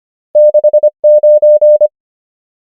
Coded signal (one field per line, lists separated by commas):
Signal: Morse code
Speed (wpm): 25 wpm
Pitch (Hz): 600 Hz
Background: none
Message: 6 9